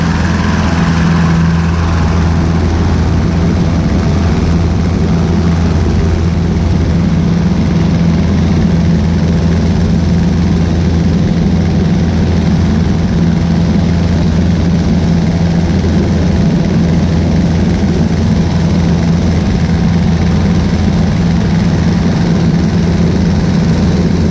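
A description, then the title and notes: A small aircraft's engine runs steadily, a low, even drone with a faint hum line holding at constant pitch for the whole stretch. Loudness barely changes, with no clear climb or fade, only a slight brightening early on. First touch and go at Flaybob Airport.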